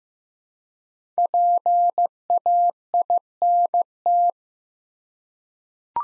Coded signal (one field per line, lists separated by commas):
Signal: Morse code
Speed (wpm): 15 wpm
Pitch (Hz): 700 Hz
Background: none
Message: PAINT